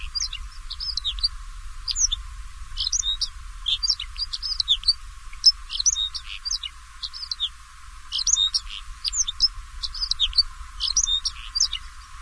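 White-rumped snowfinch producing a near-continuous series of quick, scratchy high chirps in short clusters, with faint rumbling noise underneath.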